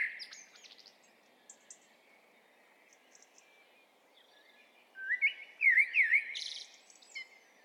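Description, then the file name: Eurasian blackbird singing: a brief fluted opening with high twitters, a quiet gap, then a rich, wavering whistled phrase closing in a scratchy high flourish over faint background hiss. "Turdus merula"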